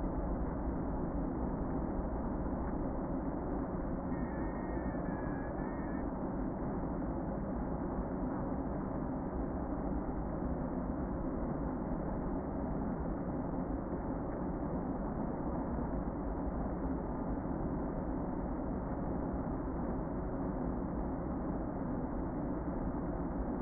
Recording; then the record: honeybee colony, microphone inside the hive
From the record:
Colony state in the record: queen present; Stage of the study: before two queens were removed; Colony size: about 60,000 bees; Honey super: yes